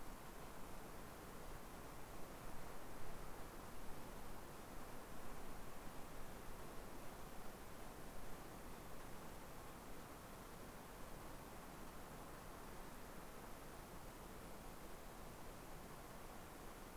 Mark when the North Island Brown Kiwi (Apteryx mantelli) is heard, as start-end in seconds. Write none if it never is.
none